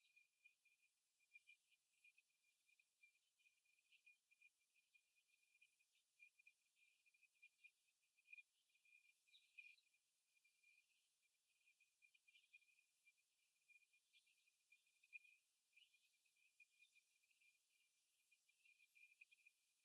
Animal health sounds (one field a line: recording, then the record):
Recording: young laying hens in a cage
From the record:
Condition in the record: after the stressor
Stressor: simulated dog barking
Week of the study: 1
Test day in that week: 2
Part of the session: 2